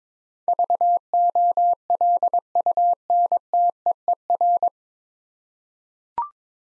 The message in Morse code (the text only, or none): VOLUNTEER